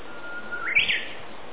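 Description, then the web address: Japanese bush warbler song: a level whistled note held for over half a second, then a sharp rise into a short, loud, warbled flourish. April 2018. "itoshikimono 2018 04 UGUISU TANIWATARI"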